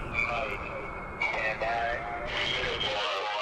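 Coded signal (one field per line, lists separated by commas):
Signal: coded military voice message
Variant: Emergency Action Message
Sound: voice reading over a noisy radio channel with engine-like rumble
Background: radio static, engine noise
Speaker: the men and women whose fingers are on the triggers would hear something like this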